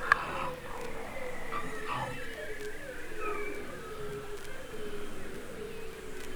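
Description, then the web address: Beluga whale calls: a chain of low wavering, bubbly tones with faint higher whistles above, continuous throughout over soft background noise. Several belugas recorded in the Arctic. "Avant Garde Project Whale Arctic Belugas"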